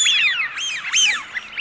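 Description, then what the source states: Eurasian wigeon whistles: loud, clear falling then arching whistled calls, followed by two short softer whistles near the end. Intended for use as a hunting lure.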